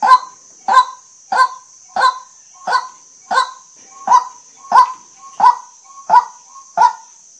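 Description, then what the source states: White-breasted waterhen uttering eleven evenly spaced, gruff, mid-pitched calls about 0.65 seconds apart, under a steady high drone. Waterhen call used as a lure for hunting, with emphasis on shooting at night.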